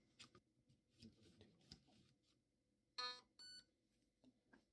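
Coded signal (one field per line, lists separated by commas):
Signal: beep code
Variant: Raven Evolution Furion ETU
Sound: mechanical clicks and rustling, then two short buzzy electronic beeps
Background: handling clicks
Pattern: 2 short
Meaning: The unit has entered programming mode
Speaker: you are now in programming mode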